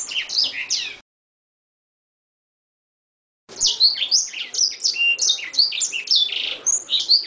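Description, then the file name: Edel Sanger singing: a brief burst of sharp high chirps, a long silent gap, then a fast, varied stream of twittering whistles and trills. Original song (lagu asli). "edel-sanger-lagu-asli-1-omkicau"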